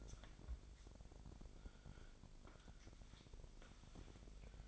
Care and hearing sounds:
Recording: daily activity, microphone in the room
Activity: wipe stove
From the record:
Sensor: 5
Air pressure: 1001.7 hPa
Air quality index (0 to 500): 179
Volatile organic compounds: 11 ppm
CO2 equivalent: 2301 ppm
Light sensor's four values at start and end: 24/81/30/32 and 24/80/30/31

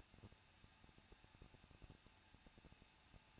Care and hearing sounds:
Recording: daily activity, microphone in the room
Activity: no activity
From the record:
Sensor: 2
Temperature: 21.0 degrees Celsius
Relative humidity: 37.4%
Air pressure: 1006.2 hPa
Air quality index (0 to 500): 222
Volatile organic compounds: 24 ppm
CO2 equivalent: 2821 ppm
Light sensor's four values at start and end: 2/3/2/2 and 2/3/2/2

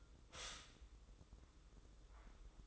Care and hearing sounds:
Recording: daily activity, microphone in the room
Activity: stop toaster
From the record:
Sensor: 3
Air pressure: 995.3 hPa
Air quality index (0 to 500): 74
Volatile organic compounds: 5 ppm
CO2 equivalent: 1718 ppm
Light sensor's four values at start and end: 18/54/23/20 and 18/54/23/20

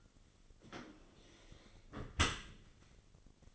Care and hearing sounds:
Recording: daily activity, microphone in the room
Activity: close dishwasher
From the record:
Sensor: 4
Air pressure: 1003.9 hPa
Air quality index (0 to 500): 152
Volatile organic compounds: 2 ppm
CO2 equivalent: 1085 ppm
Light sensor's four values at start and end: 20/49/20/21 and 22/52/21/23

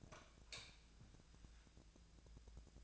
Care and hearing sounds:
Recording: daily activity, microphone in the room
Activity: light off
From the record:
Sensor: 2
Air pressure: 999.9 hPa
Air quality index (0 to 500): 115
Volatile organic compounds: 2 ppm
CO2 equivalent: 992 ppm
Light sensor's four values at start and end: 30/83/34/38 and 26/66/28/31

